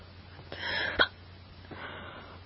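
An adult hiccups: a brief noisy gasp ending in a sharp click, then a fainter second gasp.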